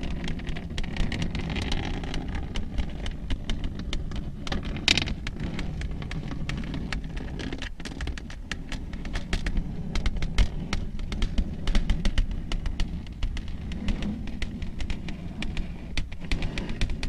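Long nails tap and scratch in a steady stream of quick clicks, with a brighter scratching burst around five seconds. A constant low rumble, like wind noise on the microphone, runs underneath the whole time, and the level stays fairly even throughout.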